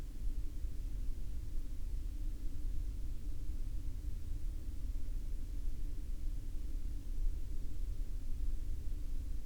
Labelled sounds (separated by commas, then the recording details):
aircraft
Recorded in the Prudhoe Bay oil fields, Alaska, on 17 May 2021 at 02:33
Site 24